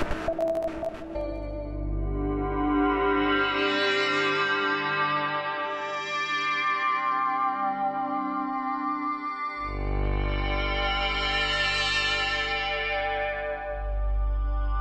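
Algorithmically generated noise scene: a dense, layered drone of stacked tones that swells and fades in slow waves, with a deep rumble dropping out around 8–9 seconds and returning near 10. A brief crackling burst opens the clip; echoey, processed texture throughout.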